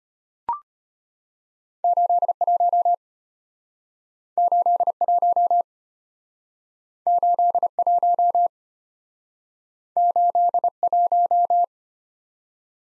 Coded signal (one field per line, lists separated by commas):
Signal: Morse code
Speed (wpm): 32 wpm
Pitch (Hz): 700 Hz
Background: none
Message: 81 81 81 81